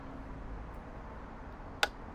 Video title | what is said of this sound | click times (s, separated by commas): [THULE] 쏘렌토 MQ4에는 튼튼한 견인장치 브링크 BMU | 이 소리가 납니다. 여기까지 돌리시면 돼요. | 1.8 s